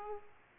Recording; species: mosquito wingbeat signal from an infrared sensor; Aedes aegypti